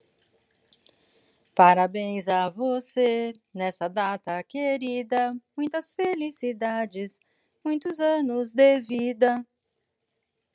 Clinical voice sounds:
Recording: short text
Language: Brazilian Portuguese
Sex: female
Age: 50 to 59 years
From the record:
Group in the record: control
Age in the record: 58 years

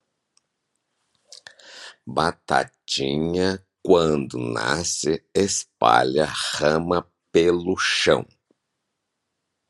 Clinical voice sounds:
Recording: short text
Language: Brazilian Portuguese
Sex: male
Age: 60 to 69 years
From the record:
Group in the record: control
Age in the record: 65 years

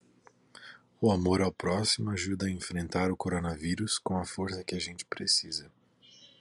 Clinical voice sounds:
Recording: spoken sentence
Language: Brazilian Portuguese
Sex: male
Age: 30 to 39 years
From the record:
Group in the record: control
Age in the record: 32 years

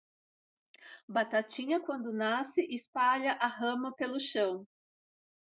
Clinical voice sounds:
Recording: short text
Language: Brazilian Portuguese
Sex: female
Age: 50 to 59 years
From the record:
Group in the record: control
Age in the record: 55 years

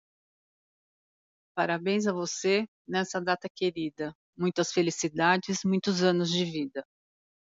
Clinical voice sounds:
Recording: short text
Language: Brazilian Portuguese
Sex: female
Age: 50 to 59 years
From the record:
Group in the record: control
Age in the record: 57 years

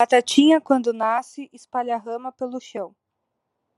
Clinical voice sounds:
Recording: short text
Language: Brazilian Portuguese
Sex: female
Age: 20 to 29 years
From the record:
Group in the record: control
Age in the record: 26 years

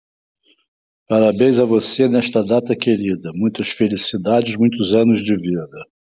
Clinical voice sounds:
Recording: short text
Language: Brazilian Portuguese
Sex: male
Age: 70 to 79 years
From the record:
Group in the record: control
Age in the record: 71 years

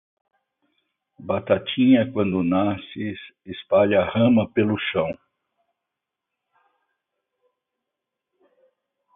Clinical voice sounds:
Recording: short text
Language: Brazilian Portuguese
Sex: male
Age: 60 to 69 years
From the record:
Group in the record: control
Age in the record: 67 years

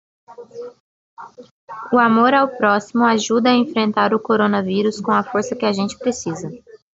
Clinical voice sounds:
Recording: spoken sentence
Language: Brazilian Portuguese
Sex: female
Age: 20 to 29 years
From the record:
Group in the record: control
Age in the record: 25 years

